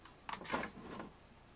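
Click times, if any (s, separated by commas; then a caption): none. A plastic rain gauge part is pushed back into the housing of an Accurite weather station after its small holes were greased with silicone grease to keep out moisture. Soft handling rustle comes first, then a sharp knock near 0.3 s, a louder scraping push around 0.5 s, and a faint tap at 1.6 s. Nothing has seated or clicked yet.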